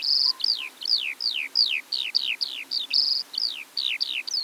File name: Stimmen der Natur aus Osteuropa - Feldlerche